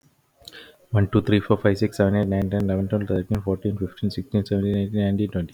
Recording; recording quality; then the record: counting at a fast pace; excellent, no background noise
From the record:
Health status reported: healthy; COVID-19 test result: not tested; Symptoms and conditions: none ticked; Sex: male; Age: 39 years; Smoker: not ticked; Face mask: not worn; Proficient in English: yes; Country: India